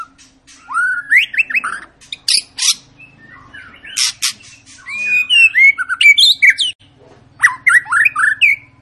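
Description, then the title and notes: White-rumped shama song of swooping whistles mixed with harsh rasping bursts and crisp ticks, over a faint steady low hum. Long continuous lure song of a shama singing prolifically, meant to prompt other birds to sing. "Pancingan Murai Batu Gacor Panjang. muraiku"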